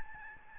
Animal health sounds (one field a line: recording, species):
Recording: mosquito wingbeat signal from an infrared sensor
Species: Aedes albopictus